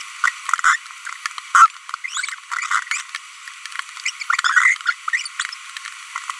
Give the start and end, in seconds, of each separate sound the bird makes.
0.24-0.29, 0.64-0.76, 1.55-1.67, 2.91-3.01, 4.06-4.10, 4.44-4.76, 4.86-4.93